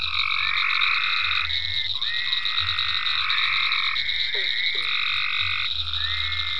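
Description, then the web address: Drawn-out trilling frog calls overlap one another, with a couple of short sliding chirps, a constant high drone and pulses of low rumbling. Frogs in ponds at Venaura farm, recorded 27 May 2010. "ecolandtech venaurafarm frogs-in-ponds 5-27-010-Frogs"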